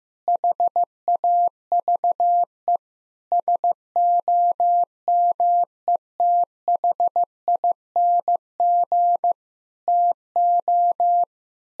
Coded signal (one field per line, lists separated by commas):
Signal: Morse code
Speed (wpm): 16 wpm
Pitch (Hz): 700 Hz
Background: none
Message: HAVE SOMETHING TO